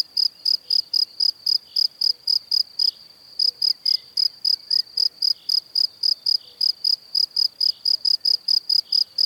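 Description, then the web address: Cricket singing a continuous train of high, evenly spaced chirps, interrupted only by a short break near three seconds. "Kurs PTTK Przyroda Ptaki Świerszcze"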